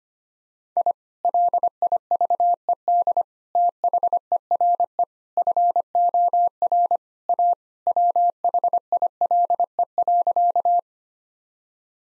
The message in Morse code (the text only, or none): I LIVED THERE FOR A WHILE.